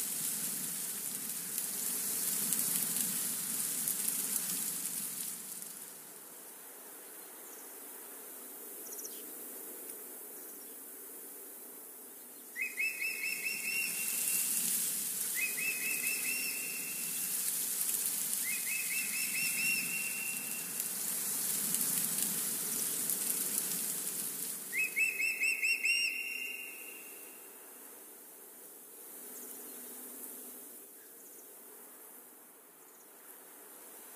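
Wind rustles the leaves of a forest in steady waves, swelling and easing every few seconds. A bird repeats a short, bright two-part call near the middle of the clip, roughly every three seconds, then calls once more around twenty-five seconds.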